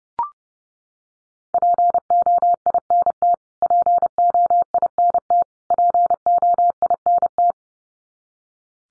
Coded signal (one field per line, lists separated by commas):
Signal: Morse code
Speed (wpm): 30 wpm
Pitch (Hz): 700 Hz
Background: none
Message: POINT POINT POINT